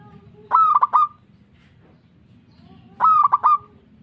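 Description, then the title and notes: Zebra dove song: two cooing phrases, each a drawn-out harmonic note breaking into quick stuttered notes, about two and a half seconds apart. Local bird. "Kicau Perkutut Lokal. Kicau Burung Perkutut"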